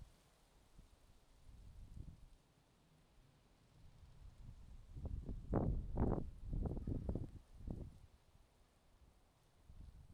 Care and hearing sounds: everyday scene through a hearing-aid microphone; wind on the microphone; wind, traffic, birds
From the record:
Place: suburban garden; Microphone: in the ear canal, left

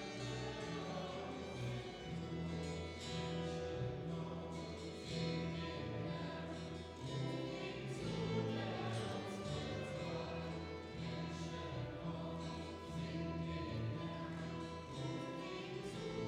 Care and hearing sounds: everyday scene through a hearing-aid microphone; reverberant space; music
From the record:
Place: church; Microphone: in the ear canal, right

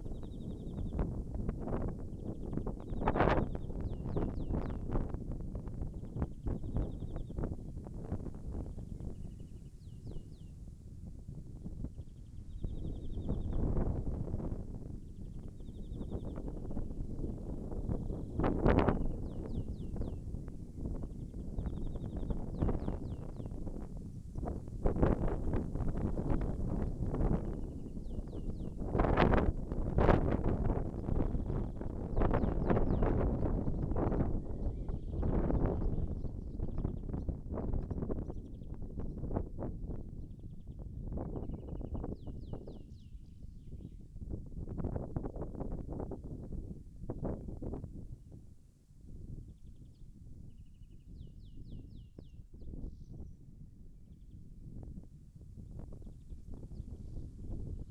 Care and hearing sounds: everyday scene through a hearing-aid microphone; wind on the microphone; wind, birds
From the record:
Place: in front of a rural house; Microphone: behind the ear, left, rear

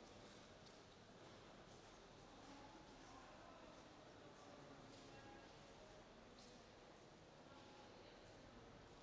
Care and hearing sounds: everyday scene through a hearing-aid microphone; reverberant space; background noise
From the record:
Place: railway station hall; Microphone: in the ear canal, left

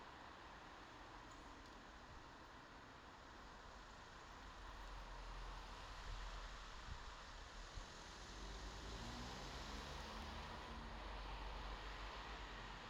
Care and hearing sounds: everyday scene through a hearing-aid microphone; in traffic; traffic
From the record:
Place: bus stop on a city main road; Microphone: in the ear canal, left

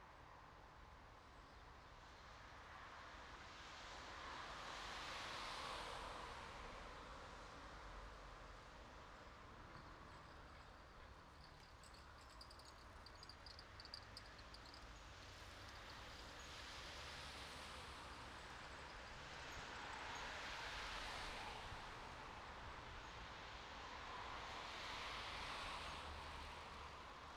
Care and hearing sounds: everyday scene through a hearing-aid microphone; in traffic; traffic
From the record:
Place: bus stop on a city main road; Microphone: in the ear canal, right

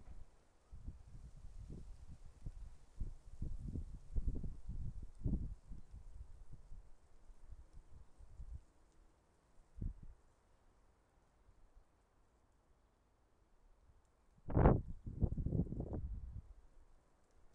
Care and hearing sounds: everyday scene through a hearing-aid microphone; wind on the microphone; wind, traffic, birds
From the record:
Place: suburban garden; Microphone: behind the ear, left, front

